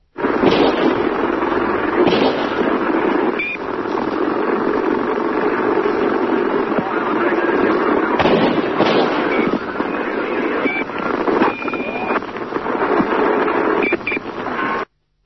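Four sharp gunshot cracks break through a steady, harsh wash of static and engine drone on a tinny, band-limited recording from a radio left switched on on a Dallas police motorcycle, with no voices.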